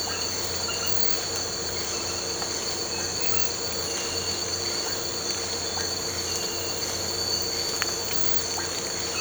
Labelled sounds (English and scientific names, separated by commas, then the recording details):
none
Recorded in pastures near Puerto Asís, Putumayo, Colombia, on 8 March 2025 at 04:30
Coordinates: 0.466, -76.322
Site CSA-02